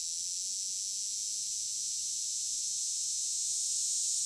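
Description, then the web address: Linne's cicada buzzing: a steady, high, hissing drone that holds on without a break and grows slightly louder toward the end. North America. "Songs of Insects. Linnes Cicada"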